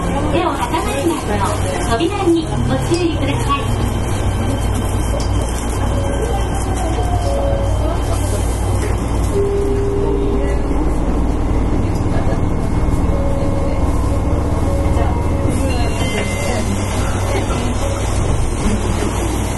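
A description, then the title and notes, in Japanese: A Fukuoka City Subway 1000 series train runs with a steady, dense low rumble filling all twenty seconds. Faint tonal whines rise and fall in the middle, notably around nine to eleven seconds and near fifteen. Indistinct voices murmur underneath throughout. 福岡市交通局 1000系電車の走行音です。空港線にて収録。区間は福岡空港から姪浜までです。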